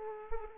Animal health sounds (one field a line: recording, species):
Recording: mosquito wingbeat signal from an infrared sensor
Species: Aedes aegypti